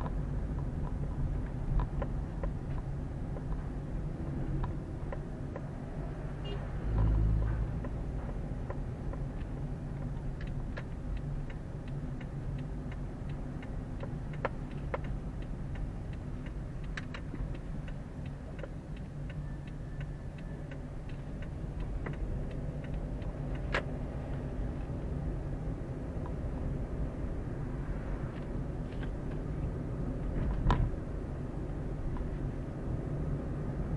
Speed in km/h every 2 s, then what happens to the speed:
23, 22, 21, 22, 22, 21, 21, 20, 16, 15, 17, 22, 26, 29, 30, 31, 32.
0-19 steady at about 21. 19-25 speeds up to 29. 25-34 steady at about 30.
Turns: 14-23.